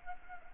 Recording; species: mosquito wingbeat signal from an infrared sensor; Anopheles arabiensis